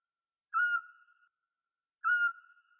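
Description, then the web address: Eurasian scops owl call: a single short, pure, mellow whistle on one steady low pitch, repeated once about one and a half seconds later. "Otus scops"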